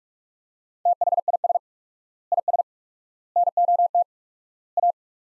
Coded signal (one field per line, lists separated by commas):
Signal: Morse code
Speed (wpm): 47 wpm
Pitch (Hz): 700 Hz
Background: none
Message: THIS IS NOT A